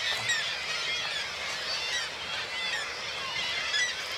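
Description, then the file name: Gulls calling nonstop, a busy jumble of shrill mewing and yelping notes from many birds at once. Large group of gulls at a marina. "birds seagulls large group marina water lapping"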